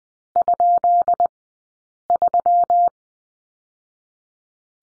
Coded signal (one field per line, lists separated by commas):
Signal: Morse code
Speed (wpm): 20 wpm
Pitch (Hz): 700 Hz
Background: none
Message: ?3